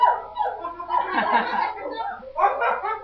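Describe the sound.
A human voice mimics a dog's barking in a few rough, mid-pitched bursts, with a giggly, laughing quality mixed in between the yaps.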